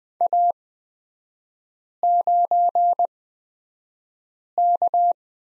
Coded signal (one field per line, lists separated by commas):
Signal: Morse code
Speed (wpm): 20 wpm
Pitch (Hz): 700 Hz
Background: none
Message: A9K